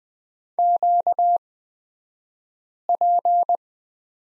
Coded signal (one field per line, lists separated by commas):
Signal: Morse code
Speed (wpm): 20 wpm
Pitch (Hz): 700 Hz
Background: none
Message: QP